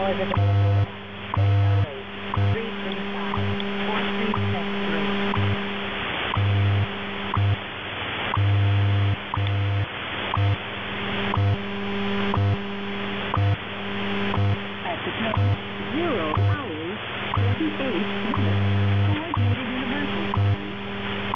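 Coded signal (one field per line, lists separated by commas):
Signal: radio time signal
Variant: WWVH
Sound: clicks once per second over a low buzzing hum that pulses on and off, in hiss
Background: radio static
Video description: WWVH transmitting test signals in 15000 kHz, at minute 48, this catch was at 00:48 UTC, May 26 2022.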